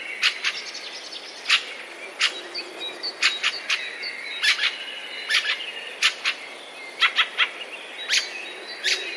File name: turdus pilaris